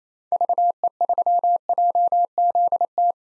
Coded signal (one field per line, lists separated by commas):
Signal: Morse code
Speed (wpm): 28 wpm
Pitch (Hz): 700 Hz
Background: none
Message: VE3JZT